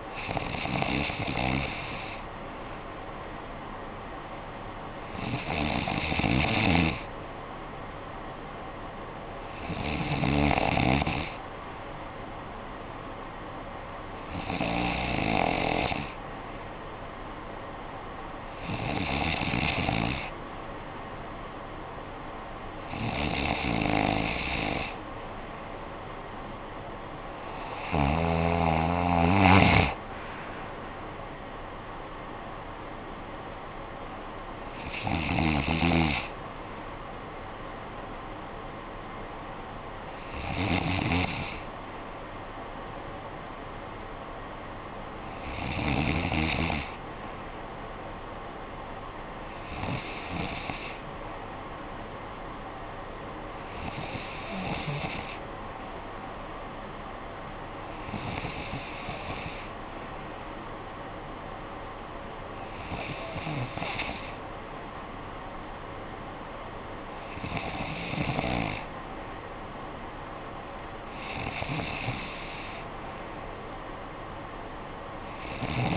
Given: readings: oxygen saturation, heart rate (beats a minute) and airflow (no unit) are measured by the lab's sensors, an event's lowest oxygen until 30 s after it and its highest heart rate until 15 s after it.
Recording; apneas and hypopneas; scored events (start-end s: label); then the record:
breathing in sleep by a voice recorder at the bedside; none
49.00-75.97 s: new sleep stage, N3 (deep sleep)
From the record:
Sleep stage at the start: N2 (light sleep); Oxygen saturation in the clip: 93 to 95%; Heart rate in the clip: 54 to 72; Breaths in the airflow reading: 17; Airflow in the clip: -13.0 to 8.1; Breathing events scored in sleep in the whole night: 445 in 7.6 hours asleep